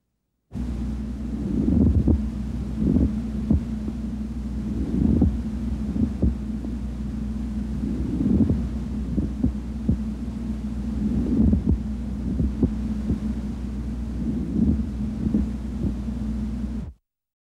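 Pleural friction rub over an adult chest: grating bursts recurring with breathing about 19 times a minute.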